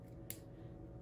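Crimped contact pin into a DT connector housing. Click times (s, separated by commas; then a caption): 0.3 s. A crimped solid contact pin is pushed into the back of a plastic DT connector housing over a steady low background hum. A single short, sharp click sounds at 0.3 s as the pin snaps into its retention latch, giving a firm, positive engagement with the pin seated.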